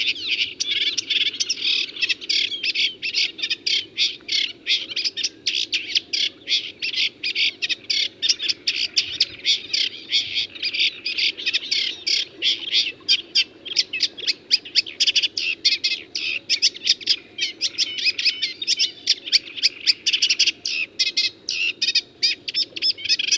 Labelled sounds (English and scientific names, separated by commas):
Sedge Warbler (Acrocephalus schoenobaenus) song